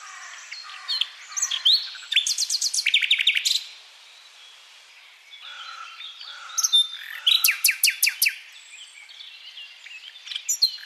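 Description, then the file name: Common nightingale singing two loud bursts of fast repeated notes, with soft low notes between them. "Luscinia megarhynchos"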